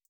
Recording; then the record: hydrophone in a shrimp aquaculture tank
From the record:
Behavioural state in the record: feeding